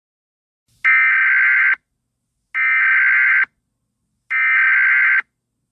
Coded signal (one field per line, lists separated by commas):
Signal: Emergency Alert System (SAME) tones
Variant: header bursts